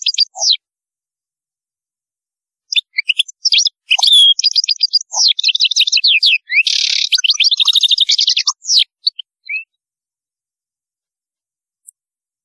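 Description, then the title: European goldfinch song: an extended, fast, liquid twittering stream of tinkling trills, buzzy notes and chirps, preceded and followed by brief scattered notes. "Chant Chardonneret"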